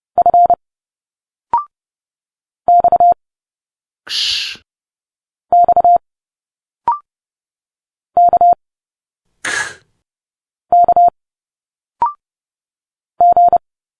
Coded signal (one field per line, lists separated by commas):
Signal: Morse code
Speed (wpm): 30 wpm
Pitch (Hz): 700 Hz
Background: none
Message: F X X K K G